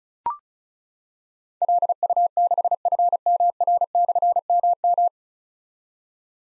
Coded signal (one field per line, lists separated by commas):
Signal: Morse code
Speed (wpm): 36 wpm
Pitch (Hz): 700 Hz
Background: none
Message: LU6FMR/MM